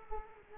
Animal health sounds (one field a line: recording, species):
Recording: mosquito wingbeat signal from an infrared sensor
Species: Culex quinquefasciatus